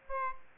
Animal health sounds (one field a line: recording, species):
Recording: mosquito wingbeat signal from an infrared sensor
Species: Aedes aegypti